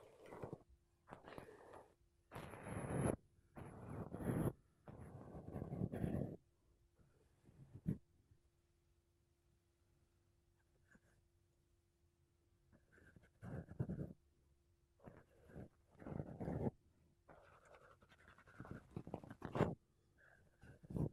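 Makeup brushes and a sponge rub across a microphone in short bursts of soft, scratchy swishing, clustered in the first six seconds and again from about thirteen seconds on. Between them sits a quiet lull with a faint steady hum and a few light taps.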